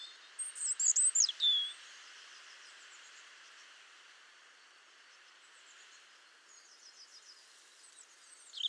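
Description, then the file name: European robin song: a brief burst of high, thin, warbling and sliding notes near the start, then faint twittering over a steady hiss. "Erithacus rubecula"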